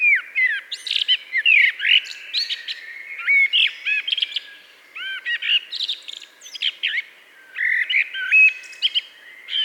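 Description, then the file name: Eurasian blackbird calling: a run of short fluty notes and sharp twittering phrases with brief pauses between them, in quiet surroundings. "Turdus merula"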